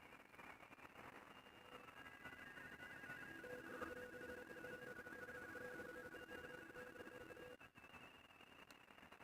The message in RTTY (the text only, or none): WA5LFD GEO OH GEO OH WA5